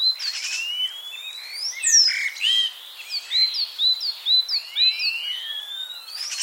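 Common starling calls: a quick string of slurred whistles, some rising and some falling, mixed with a few clicks, with brief rattling bursts near the start and end.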